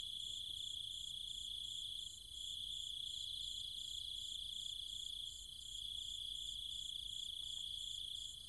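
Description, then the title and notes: Cicadas with an unbroken shrill hum and rapid throbbing pulses above it, the chorus easing slightly twice before resuming. Cicadas and other insects calling at night in trees and fields, Chiang Mai, Thailand, countryside. "Cicada countryside, Thailand. Nighttime sounds of the cicadas and insects in the trees and fields, Chiang Mai, Thailand. Recorded by Alex Boyesen"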